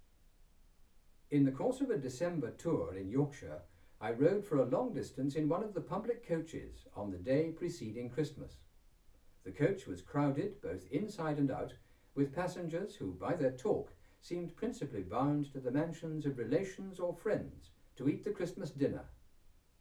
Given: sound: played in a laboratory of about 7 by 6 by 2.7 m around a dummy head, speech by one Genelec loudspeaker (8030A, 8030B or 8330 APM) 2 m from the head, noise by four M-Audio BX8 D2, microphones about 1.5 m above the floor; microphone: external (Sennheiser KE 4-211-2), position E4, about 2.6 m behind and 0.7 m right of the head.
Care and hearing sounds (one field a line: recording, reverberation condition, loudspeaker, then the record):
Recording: male speech in English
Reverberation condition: low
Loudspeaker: in front (0 degrees)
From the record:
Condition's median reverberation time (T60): about 310 ms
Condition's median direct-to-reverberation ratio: about 3.5 dB